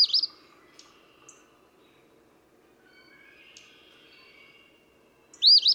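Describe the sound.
Eastern phoebe singing one rough two-note phrase at the close, after a clipped phrase at the opening, with faint bird notes between.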